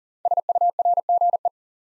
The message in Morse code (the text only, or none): SURGE